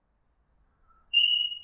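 Bird call: a long, thin, high whistle that holds steady and then drops to a lower steady whistled tone, all within under two seconds.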